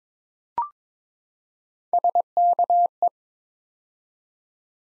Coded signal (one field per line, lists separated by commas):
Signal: Morse code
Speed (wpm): 22 wpm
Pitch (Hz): 700 Hz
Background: none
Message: SKE